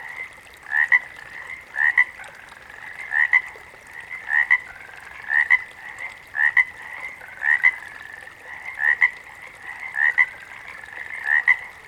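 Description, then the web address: Water frog giving several short, paired croaks. Chorus of water frogs. "The Natural Sounds of the Wilderness. Echoes of Nature - Frog Chorus. Water Frogs"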